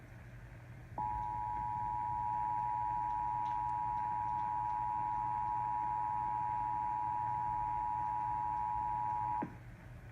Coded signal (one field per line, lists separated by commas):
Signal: Emergency Alert System (SAME) tones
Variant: 853 and 960 Hz attention tone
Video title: [EAS #19-20] Flash Flood Warnings for Sonoma County, CA on 740 AM KCBS and 810 AM KGO